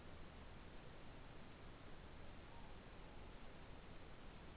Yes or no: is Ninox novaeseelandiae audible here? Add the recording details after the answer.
yes. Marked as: faintness 5/5. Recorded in New Zealand. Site Taranaki